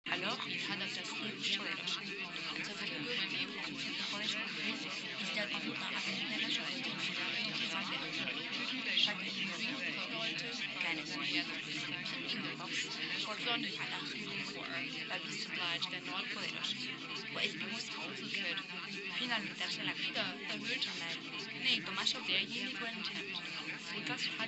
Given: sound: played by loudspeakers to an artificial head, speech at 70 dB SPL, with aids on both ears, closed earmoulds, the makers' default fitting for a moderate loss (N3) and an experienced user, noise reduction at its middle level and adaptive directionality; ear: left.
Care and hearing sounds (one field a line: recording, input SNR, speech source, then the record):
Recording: speech test signal (ISTS) in cocktail-party noise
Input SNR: -6 dB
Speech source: in front (0 degrees)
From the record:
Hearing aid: class 1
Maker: D